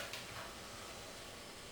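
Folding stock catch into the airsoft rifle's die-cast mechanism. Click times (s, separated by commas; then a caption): 0.1 s. The die-cast folding stock catch on a Jing Gong M4A1 Para airsoft rifle is lifted, the part is pulled around, and the catch is let drop back down. A short metallic drop sound comes at 0.1 s over a steady broadband hiss. The catch locks and holds the part in place.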